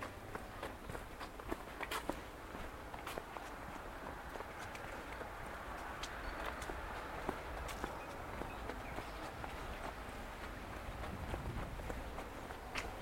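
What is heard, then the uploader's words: A walk outdoors, with steady footsteps crunching along at an easy pace, sharp clicks scattered throughout, and a low rumbling hum underneath. A short 30minute amble through Woodwell in Silverdale. Recorded using binaural headphones.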